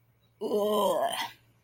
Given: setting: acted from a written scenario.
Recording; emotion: vocal sound without words; disgust